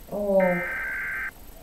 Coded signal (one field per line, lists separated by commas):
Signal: Emergency Alert System (SAME) tones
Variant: header bursts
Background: speech